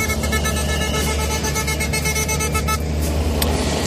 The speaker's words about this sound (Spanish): segundo día consecutivo de protestas de los agricultores en las carreteras de España. Se repiten las escenas de los tractores impidiendo el tráfico, mientras los conductores y los transportistas esperan atrapados en el atasco.